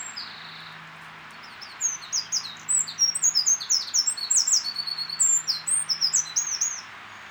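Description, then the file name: Eurasian wren song: after a soft opening note, an energetic cascade of high, sharp twitters and whistled slurs pours out for about five seconds. "Troglodytes troglodytes"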